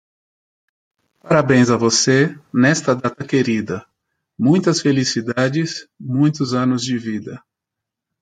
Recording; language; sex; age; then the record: short text; Brazilian Portuguese; male; 40 to 49 years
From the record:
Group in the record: control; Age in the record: 42 years